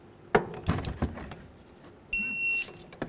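A torque wrench tightens the front sway bar link nut on a 2008–2013 Mazda 3 to 40 ft-lb, and the wrench clicks at its setting at 0.4 s. A few lighter knocks follow, then a steady high beep-like tone sounds from about 2.1 to 2.6 s before a last short tap near 3.0 s.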